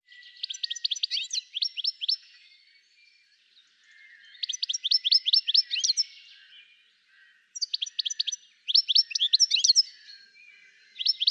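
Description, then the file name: European goldfinch twittering in several quick liquid bursts, each a rapid run of high tinkling notes and short trills, separated by brief pauses. "Carduelis carduelis"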